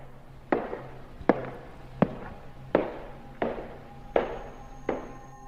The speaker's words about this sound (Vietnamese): Mỗi một bước đi của Nam, anh có cảm giác đằng sau như có tiếng bước chân vẫn cứ đi theo. Đến khi Nam bất giác dừng lại ngoảnh ra thì chẳng thấy gì cả, nhưng hễ cứ cất bước đi thì lại có tiếng bước chân.